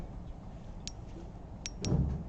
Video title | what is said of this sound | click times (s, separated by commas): Bonneville Garage Live Stream | so now i'm going to turn this until i hear the click | 0.9 s, 1.7 s, 1.9 s